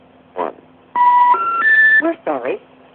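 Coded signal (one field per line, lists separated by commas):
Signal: telephone call progress tone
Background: speech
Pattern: special information tone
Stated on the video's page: Vintage step-by-step central office audio: AM-modulated ringbacks, reorder tone interrupted by motor-driven interrupters, relay clicks, pulse dialing, severe inductive crosstalk and office hum.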